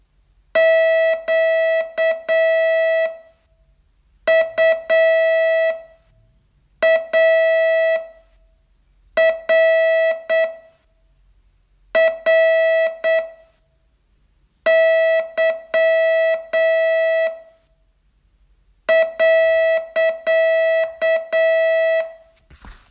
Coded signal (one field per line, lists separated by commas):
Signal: Morse code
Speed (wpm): 7 wpm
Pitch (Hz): 650 Hz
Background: music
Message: QUARRY.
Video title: Learn Morse in 42 Days from VU2LAU - day 30 test